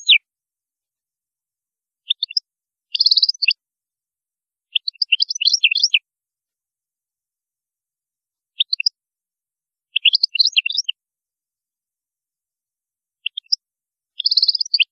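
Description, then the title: Goldfinch giving short twittered phrases with buzzy bursts, repeated every few seconds, with single chip notes between. "Chant Chardonneret"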